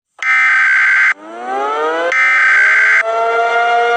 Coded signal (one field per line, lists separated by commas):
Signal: Emergency Alert System (SAME) tones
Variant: header bursts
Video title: A Mini EAS Scenario: The Red Giant Sun Devours The Earth [only fictional] #redgiant #sun #space #eas